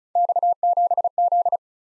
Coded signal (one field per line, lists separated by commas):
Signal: Morse code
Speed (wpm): 36 wpm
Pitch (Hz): 700 Hz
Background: none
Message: X7Z